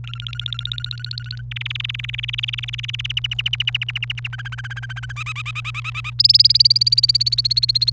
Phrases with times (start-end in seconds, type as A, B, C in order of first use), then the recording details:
0.04-1.41 A, 1.51-3.12 B, 3.17-4.28 C, 4.33-5.12 D, 5.16-6.10 E, 6.19-7.90 F. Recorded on 29 April 2018 at 17:46. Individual llb3